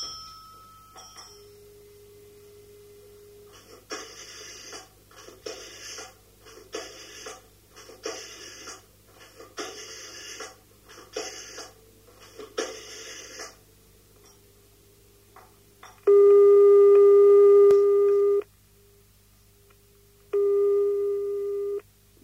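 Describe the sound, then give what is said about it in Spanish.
Electronic telephone tones before a phone call in a recording of José María Aznar and Felipe González on the phone: a short beep and steady tone, then a rapid series of pulsed, buzzy bursts like dialing or a busy signal, followed by two loud sustained ringback tones. “Ellos iban al mismo colegio y el CSIC tiene una serie de grabaciones en las que Aznar y González hablan por teléfono.”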